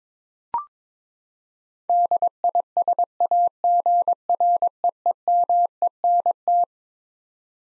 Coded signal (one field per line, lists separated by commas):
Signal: Morse code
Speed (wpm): 22 wpm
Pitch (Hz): 700 Hz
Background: none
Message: DISAGREEMENT